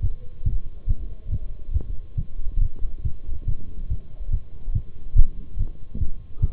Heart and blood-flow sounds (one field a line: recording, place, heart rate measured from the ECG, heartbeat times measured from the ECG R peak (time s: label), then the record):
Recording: heart sounds by stethoscope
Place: between the tricuspid and mitral areas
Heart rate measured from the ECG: 141 bpm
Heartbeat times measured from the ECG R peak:
0.03 s: heartbeat
0.46 s: heartbeat
0.89 s: heartbeat
1.32 s: heartbeat
1.74 s: heartbeat
2.18 s: heartbeat
2.62 s: heartbeat
3.05 s: heartbeat
3.48 s: heartbeat
3.90 s: heartbeat
4.32 s: heartbeat
4.75 s: heartbeat
5.17 s: heartbeat
5.59 s: heartbeat
6.00 s: heartbeat
6.42 s: heartbeat
From the record:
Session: Bruce protocol treadmill stress test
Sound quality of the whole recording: partially saturated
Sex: male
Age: 23 years